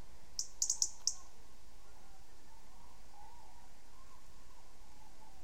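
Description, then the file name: European robin calling, a short cluster of sharp, high-pitched ticks early on, then only a low continuous background hum. "Erithacus rubecula"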